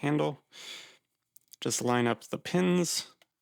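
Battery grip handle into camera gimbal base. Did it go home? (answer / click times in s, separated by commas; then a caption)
no / none. The included battery grip handle of a DJI RS3 Pro gimbal is handled and its pins are lined up with the gimbal base while someone talks. A few faint handling taps are heard between the words. Nothing has seated or clicked yet.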